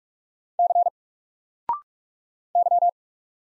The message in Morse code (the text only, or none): C Y